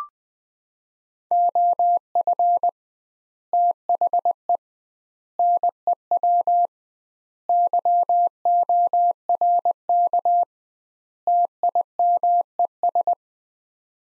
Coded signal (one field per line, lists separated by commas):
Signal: Morse code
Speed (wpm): 20 wpm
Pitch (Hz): 700 Hz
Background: none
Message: OF THE NEW YORK TIMES